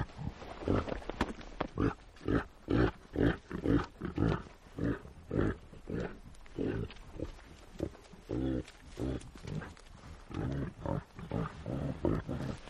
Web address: el sonido del grunido de los renos